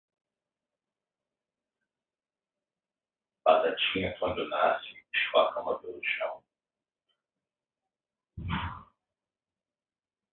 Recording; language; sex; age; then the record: short text; Brazilian Portuguese; male; 40 to 49 years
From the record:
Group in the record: control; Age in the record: 43 years